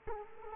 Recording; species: mosquito wingbeat signal from an infrared sensor; Culex quinquefasciatus